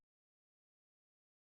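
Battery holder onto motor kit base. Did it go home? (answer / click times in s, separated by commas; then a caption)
no / none. A plastic battery holder is handled onto the base of a MOTOR12 DIY DC motor kit. A faint brief sound opens the clip, then near silence, and a loud broadband sound rises right at the end around 1.5 s. The holder has not snapped into place; nothing has seated or clicked yet.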